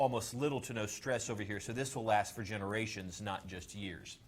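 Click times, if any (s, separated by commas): none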